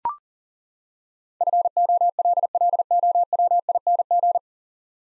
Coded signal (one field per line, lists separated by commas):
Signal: Morse code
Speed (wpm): 40 wpm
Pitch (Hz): 700 Hz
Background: none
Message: FOLLOWING